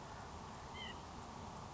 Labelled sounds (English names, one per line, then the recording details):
White-breasted Nuthatch
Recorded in Sonoma County, California